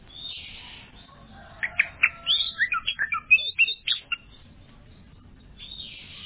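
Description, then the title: Oriental magpie-robin song: a fast burst of varied whistles, chips and rising-falling notes lasting about three seconds, framed by soft hissing phrases before and after. "suara kacer"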